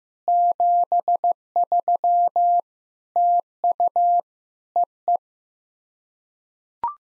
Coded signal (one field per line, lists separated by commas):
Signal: Morse code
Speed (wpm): 15 wpm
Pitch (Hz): 700 Hz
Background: none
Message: 73 TU EE